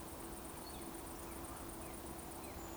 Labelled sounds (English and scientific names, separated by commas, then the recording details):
Eurasian Woodcock (Scolopax rusticola) whistle
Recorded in Baden-Württemberg, Germany, on 23 June 2020 at 20:19 UTC
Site 14569, 102 m above sea level